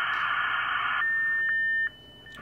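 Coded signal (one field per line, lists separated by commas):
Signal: dial-up modem handshake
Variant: 9600 baud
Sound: one second of harsh modem hiss, then a steady dual tone with two clicks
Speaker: now the modem is renegotiating when it's actually working you can see that it's making a connection of about 1 kilobyte per second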